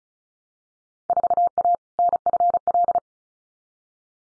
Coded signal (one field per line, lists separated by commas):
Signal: Morse code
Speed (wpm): 36 wpm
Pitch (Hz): 700 Hz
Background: none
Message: 4A NFL